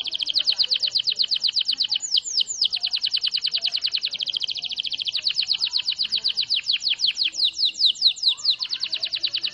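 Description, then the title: Canary song: a long fast roll of rapid repeated notes, with a few sweeping downslurred whistles breaking in, continuing steadily throughout. Long roll song, used for training birds. "Master Burung Jos"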